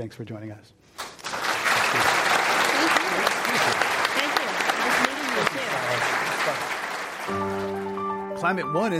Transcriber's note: applause